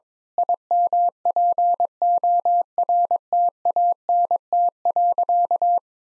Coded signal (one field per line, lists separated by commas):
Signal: Morse code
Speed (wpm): 22 wpm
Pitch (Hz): 700 Hz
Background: none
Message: IMPORTANT.